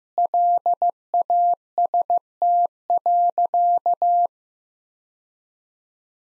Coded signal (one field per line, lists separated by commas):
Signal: Morse code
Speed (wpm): 15 wpm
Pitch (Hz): 700 Hz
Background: none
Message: LAST.